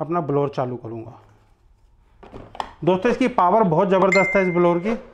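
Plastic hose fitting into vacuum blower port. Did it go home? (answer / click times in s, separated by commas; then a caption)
no / none. A plastic hose fitting is being fitted into the blower port of a Bosch GAS 15 PS vacuum cleaner while it is set up for blower use. Someone talks throughout, with a quieter pause around 1.2–2.2 seconds. The fitting has not seated or locked yet.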